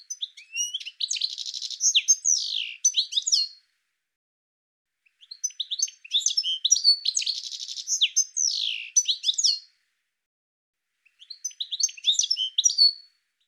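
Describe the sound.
Bird calls: three long bouts of rapid high twittering with buzzy trills and swooping notes, separated by short silences.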